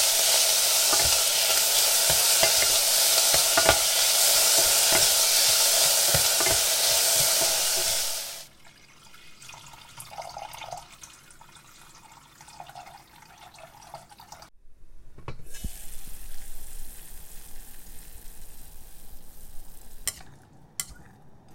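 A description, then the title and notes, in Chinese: Cooking in a kitchen: for the first eight seconds a loud, dense hiss of frying, with scattered clicks and knocks. Then the heat cuts out and it turns quiet, leaving soft stirring and clinks, a brief silence near fifteen seconds, and faint running water. 声｜平平无奇的厨艺。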